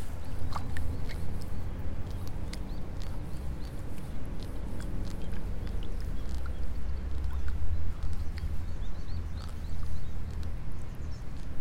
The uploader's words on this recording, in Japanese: イネの苗取り。朝から水苗代に入って、一本一本苗を取っています。片手握りいっぱいになったら、ワラで束にします。